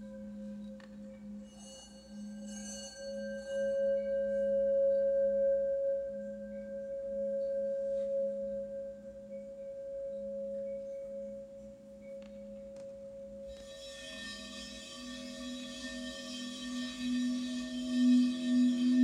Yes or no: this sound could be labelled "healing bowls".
yes